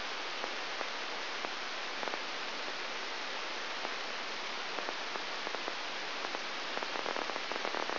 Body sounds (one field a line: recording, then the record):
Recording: brain microelectrode recording played as sound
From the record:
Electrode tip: outside the subthalamic nucleus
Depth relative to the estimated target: -6 mm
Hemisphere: right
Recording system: AlphaMap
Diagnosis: Parkinson's disease